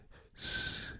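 Adult imitating a wheeze: literal little whistles when breathing, a high-pitched whistling breath. Wheezing is among the effects of exposure to vinyl chloride vapours, along with cough.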